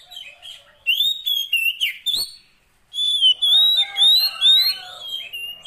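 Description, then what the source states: Oriental magpie-robin song: bright whistled phrases, rising and falling notes around high pitch, a short pause near two seconds then a rapid renewed burst of varied whistles. Fill-in (isian) song of kacer, meant to get a bird singing actively (gacor) day and night.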